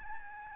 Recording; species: mosquito wingbeat signal from an infrared sensor; Aedes albopictus